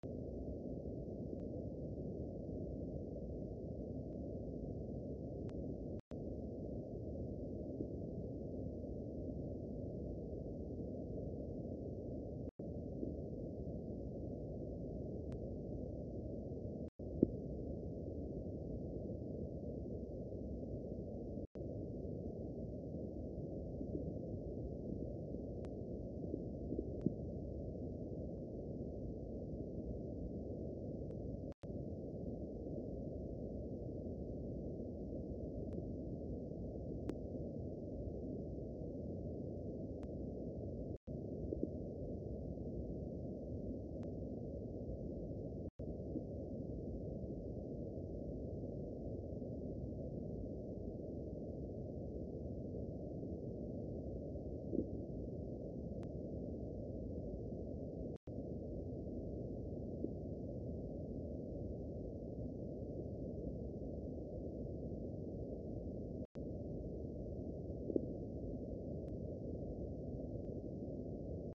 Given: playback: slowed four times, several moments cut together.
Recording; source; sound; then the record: accelerometer signal; Varroa mite jolting pulses; knocking, in some instances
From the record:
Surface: brood comb